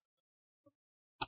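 A guitar pick or opening tool is twisted between the top and bottom plastic covers near a corner of a Gateway GWTN156-4GR laptop to free the bottom cover's retaining clips. After near-silence and a faint soft tick at about 0.7 s, a sharp, bright click at 1.2 s is heard as a plastic retaining clip pops loose from the top case, releasing that part of the cover.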